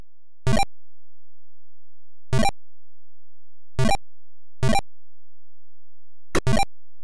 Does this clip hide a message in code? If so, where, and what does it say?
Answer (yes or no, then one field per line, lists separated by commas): no